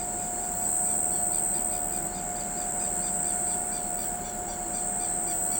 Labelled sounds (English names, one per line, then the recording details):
Southern Lapwing
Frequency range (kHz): Southern Lapwing 2.6-6.4 kHz
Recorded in pastures near Pivijay, Magdalena, Colombia, on 17 April 2023 at 04:00
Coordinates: 10.456, -74.369
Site P6-G026